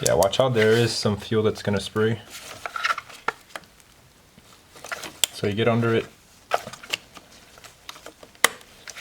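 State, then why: Released. Someone talks while a plastic disconnect tool is pushed under the fuel line's quick-connect fitting on the intake fuel rail of a 1.8L first-generation 2011–2016 Chevrolet Cruze engine, with small ticks and clatters of handling. The tool clicks in sharply at 8.4 s, releasing the quick connector so it can be pulled up off the line.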